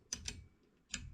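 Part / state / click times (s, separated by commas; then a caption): power adjustment wheel on an air rifle's power block / not seated / none. The power adjustment wheel on the power block of an FX Dynamic air rifle with a slug power kit, tightened onto the regulator block, is turned by hand through its detent positions. Three sharp, bright ticks are heard near 0.1, 0.3 and 0.9 seconds over a low background. Nothing has seated or clicked home yet.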